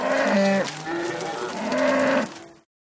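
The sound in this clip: Cattle: cow mooing, one long drawn-out moo with a shift in pitch midway, lasting over two seconds before cutting off.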